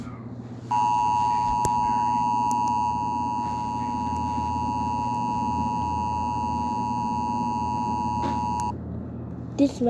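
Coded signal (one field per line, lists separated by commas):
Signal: Emergency Alert System (SAME) tones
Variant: 853 and 960 Hz attention tone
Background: speech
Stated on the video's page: Fictional EAS scenario.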